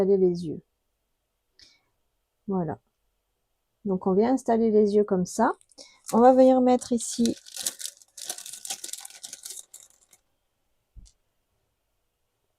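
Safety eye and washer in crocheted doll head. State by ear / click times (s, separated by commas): not seated / none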